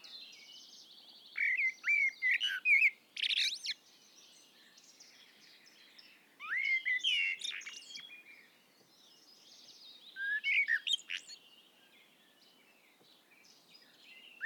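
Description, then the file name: Common blackbird singing: three phrases, each starting with low fluted warbling notes and ending in squeaky, high twittering, separated by quiet pauses of several seconds. "Turdus merula"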